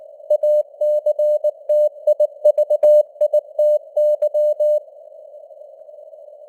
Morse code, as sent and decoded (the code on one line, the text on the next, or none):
.- -.-. - .. ...- .. - -.--
ACTIVITY